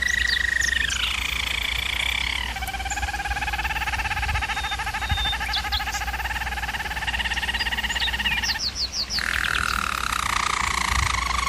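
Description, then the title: German Roller canary song, continuous rolling trills in long sustained tours shifting pitch, with brief rapid chirp notes near the end over a steady low hum. Canary training video. "German Roller Canary Singing - Canary Training Vid"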